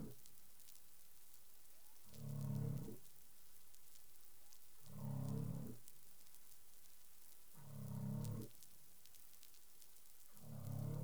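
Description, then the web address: Humpback whale calls: four low, moan-like units spaced roughly every 2.8 seconds, rich in harmonics, set against constant hiss and light crackling. Recorded in the Caribbean on 20 April 2021 at 04:08 UTC. "CARIMAM. humpback whale 20210420 040842 UTC"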